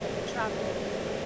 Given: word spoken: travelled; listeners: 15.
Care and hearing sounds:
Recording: one English word in noise, from a listening test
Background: speech-shaped noise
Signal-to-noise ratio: -4.9 dB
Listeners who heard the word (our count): 0 of 15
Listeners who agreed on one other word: 14 of 15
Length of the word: 0.86 s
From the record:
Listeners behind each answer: 14, 1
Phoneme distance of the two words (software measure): 7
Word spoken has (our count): 2 syllables, 6 phonemes, stress on syllable 1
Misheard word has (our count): 2 syllables, 5 phonemes, stress on syllable 1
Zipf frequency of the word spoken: 4.40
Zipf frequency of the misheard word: 4.82

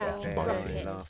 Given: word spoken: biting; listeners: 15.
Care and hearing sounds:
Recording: one English word in noise, from a listening test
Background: four-talker babble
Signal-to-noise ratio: -1.6 dB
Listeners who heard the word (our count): 1 of 15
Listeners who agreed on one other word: 8 of 15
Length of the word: 0.69 s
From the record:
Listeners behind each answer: 8, 1, 1, 1, 1, 1, 1, 1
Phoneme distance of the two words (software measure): 27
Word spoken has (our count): 2 syllables, 5 phonemes, stress on syllable 1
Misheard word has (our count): 2 syllables, 4 phonemes, stress on syllable 1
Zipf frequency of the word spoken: 3.84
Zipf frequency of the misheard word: 4.46

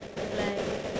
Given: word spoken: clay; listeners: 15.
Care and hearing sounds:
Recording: one English word in noise, from a listening test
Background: noise modulated by three-talker babble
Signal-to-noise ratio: -4.8 dB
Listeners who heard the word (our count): 0 of 15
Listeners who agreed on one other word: 8 of 15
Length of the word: 0.60 s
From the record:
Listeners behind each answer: 8, 1, 1, 1, 1, 1, 1, 1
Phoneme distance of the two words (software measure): 10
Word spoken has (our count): 1 syllable, 3 phonemes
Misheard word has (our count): 1 syllable, 3 phonemes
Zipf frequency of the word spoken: 4.18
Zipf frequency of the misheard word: 5.69

